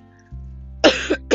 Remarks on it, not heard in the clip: Hear that cough? I also feel like this is for me talking and not having any like water and stuff like that.